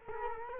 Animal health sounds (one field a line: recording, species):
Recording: mosquito wingbeat signal from an infrared sensor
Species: Culex quinquefasciatus